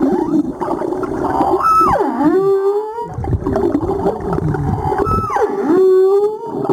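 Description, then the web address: Humpback whale calls: two rich harmonic calls that plunge sharply downward then curve up into a sustained tone, about three and a half seconds apart, over constant underwater crackle. Recorded 17 April 2022. "2022 04 17 jubarte"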